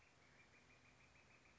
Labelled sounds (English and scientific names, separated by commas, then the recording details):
Northern Flicker (Colaptes auratus)
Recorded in Sonoma County, California